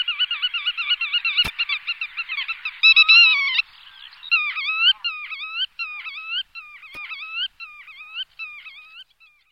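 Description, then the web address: Black-tailed godwit song: a fast, chattering run of nasal notes, then slower, repeated rising-and-falling phrases at a steady pace, with two brief clicks. "Cursus Vogelzang Grutto"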